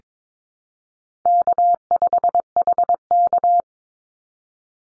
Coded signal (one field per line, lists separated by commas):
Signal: Morse code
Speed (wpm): 22 wpm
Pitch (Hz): 700 Hz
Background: none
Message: K5HK